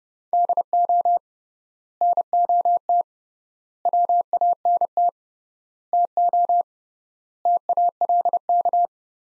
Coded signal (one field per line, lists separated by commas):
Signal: Morse code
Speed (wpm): 30 wpm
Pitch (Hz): 700 Hz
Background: none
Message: DO NOT WANT TO TALK